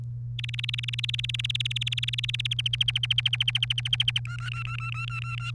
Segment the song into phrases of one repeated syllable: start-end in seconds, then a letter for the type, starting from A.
0.39-2.53 A, 2.59-4.19 B, 4.25-5.51 C